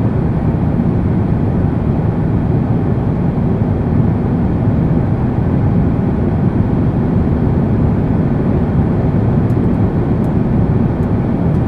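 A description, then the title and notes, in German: Steady cabin drone inside a flying airplane, a dense low roar that stays level for the whole stretch with no rise or fall. The sound is heavy in the low and middle range, and a few faint high ticks appear near the end. Himmelsgeräusche: Im Flugzeug fliegen.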